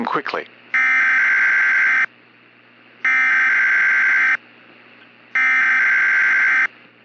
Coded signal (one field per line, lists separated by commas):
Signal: Emergency Alert System (SAME) tones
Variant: header bursts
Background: speech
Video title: Gulf Coast Derecho - EAS Scenario